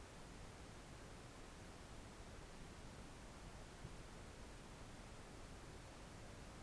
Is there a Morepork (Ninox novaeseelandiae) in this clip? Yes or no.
no